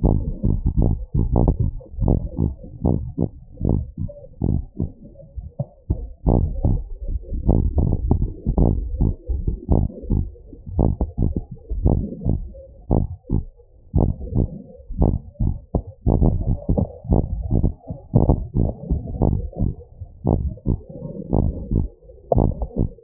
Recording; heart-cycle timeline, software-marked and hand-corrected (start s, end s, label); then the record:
heart sounds
0.00	0.04	diastole
0.04	0.18	S1
0.18	0.46	systole
0.46	0.60	S2
0.60	1.16	diastole
1.16	1.24	S1
1.24	1.44	systole
1.44	1.56	S2
1.56	2.06	diastole
2.06	2.20	S1
2.20	2.44	systole
2.44	2.56	S2
2.56	2.84	diastole
2.84	2.98	S1
2.98	3.18	systole
3.18	3.28	S2
3.28	3.64	diastole
3.64	3.80	S1
3.80	3.93	systole
3.93	4.05	S2
4.05	4.42	diastole
4.42	4.56	S1
4.56	4.79	systole
4.79	4.88	S2
4.88	5.37	diastole
5.37	5.48	S1
5.48	5.85	systole
5.85	5.97	S2
5.97	6.28	diastole
6.28	6.42	S1
6.42	6.66	systole
6.66	6.82	S2
6.82	7.46	diastole
7.46	7.60	S1
7.60	7.86	systole
7.86	7.98	S2
7.98	8.56	diastole
8.56	8.72	S1
8.72	9.00	systole
9.00	9.14	S2
9.14	9.70	diastole
9.70	9.86	S1
9.86	10.12	systole
10.12	10.26	S2
10.26	10.78	diastole
10.78	10.94	S1
10.94	11.20	systole
11.20	11.32	S2
11.32	11.84	diastole
11.84	12.02	S1
12.02	12.28	systole
12.28	12.38	S2
12.38	12.92	diastole
12.92	13.04	S1
13.04	13.32	systole
13.32	13.42	S2
13.42	13.96	diastole
13.96	14.10	S1
14.10	14.36	systole
14.36	14.46	S2
14.46	15.00	diastole
15.00	15.16	S1
15.16	15.46	systole
15.46	15.56	S2
15.56	16.16	diastole
16.16	16.32	S1
16.32	16.56	systole
16.56	16.62	S2
16.62	17.10	diastole
17.10	17.26	S1
17.26	17.56	systole
17.56	17.70	S2
17.70	18.26	diastole
18.26	18.40	S1
18.40	18.62	systole
18.62	18.72	S2
18.72	19.26	diastole
19.26	19.38	S1
19.38	19.62	systole
19.62	19.72	S2
19.72	20.26	diastole
20.26	20.40	S1
20.40	20.68	systole
20.68	20.78	S2
20.78	21.38	diastole
21.38	21.52	S1
21.52	21.76	systole
21.76	21.86	S2
21.86	22.36	diastole
22.36	22.50	S1
22.50	22.78	systole
22.78	22.88	S2
22.88	23.04	diastole
From the record:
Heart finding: abnormal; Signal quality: good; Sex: male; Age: 76 years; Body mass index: 26.2